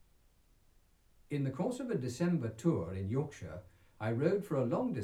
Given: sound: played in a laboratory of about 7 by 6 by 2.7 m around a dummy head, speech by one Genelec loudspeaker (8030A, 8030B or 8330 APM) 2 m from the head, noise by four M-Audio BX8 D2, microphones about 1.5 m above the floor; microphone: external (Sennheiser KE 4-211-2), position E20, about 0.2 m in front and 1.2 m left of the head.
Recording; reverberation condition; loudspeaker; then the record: male speech in English; low; 60 degrees to the right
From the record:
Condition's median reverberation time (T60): about 310 ms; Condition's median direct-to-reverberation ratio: about 3.5 dB